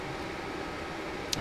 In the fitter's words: and should clip right in